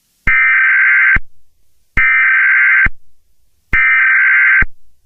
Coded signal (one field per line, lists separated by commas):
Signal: Emergency Alert System (SAME) tones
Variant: header bursts